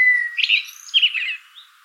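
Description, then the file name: Common blackbird singing a short phrase: a steady whistled note followed by warbled, fluty notes, fading at the end. "Turdus merula"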